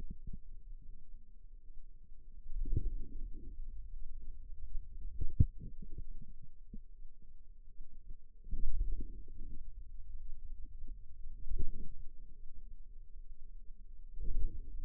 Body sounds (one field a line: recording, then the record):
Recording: forearm muscle sounds (acoustic myography)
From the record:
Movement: radial deviation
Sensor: system 2, bracelet of six BSWA MPA416 microphones around the upper forearm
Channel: 1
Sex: female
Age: 23 years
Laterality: right